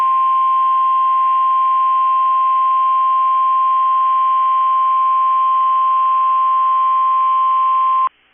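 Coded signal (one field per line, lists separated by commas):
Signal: Emergency Alert System (SAME) tones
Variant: 1050 Hz attention tone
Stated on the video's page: Evening tornado drill for Minnesota/Wisconsin received on weather radio station KEC65.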